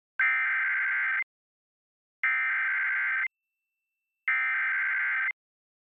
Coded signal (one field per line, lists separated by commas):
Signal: Emergency Alert System (SAME) tones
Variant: header bursts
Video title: Tornado Warning (7/11/21)(EAS 779)